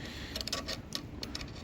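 A small sheet-metal clip nut is pressed onto the edge of a panel while fitting an engine radiator, making a few light metallic ticks around 0.4 to 0.5 seconds. A sharp snap at 1.0 seconds marks the nut clipping on, followed by more faint ticks. It clips on but stays loose and barely grips, so it still needs pinching with pliers to hold properly.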